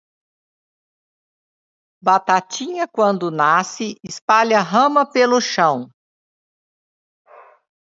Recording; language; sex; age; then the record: short text; Brazilian Portuguese; female; 60 to 69 years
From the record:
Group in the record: control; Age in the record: 61 years